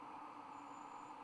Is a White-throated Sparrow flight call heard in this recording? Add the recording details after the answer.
no. No flight call is heard. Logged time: 01:42 on 1 December 2014